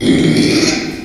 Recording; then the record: squeal of a Yucatan mini pig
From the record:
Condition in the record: after surgery on the right vocal fold (resection and tissue-engineered implant); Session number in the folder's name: 2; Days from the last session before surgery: 13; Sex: male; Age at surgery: 12 weeks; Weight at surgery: 13 kg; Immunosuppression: cyclosporine, prednisolone